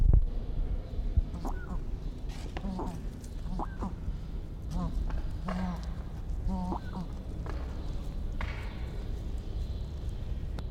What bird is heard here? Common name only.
Elegant Crested Tinamou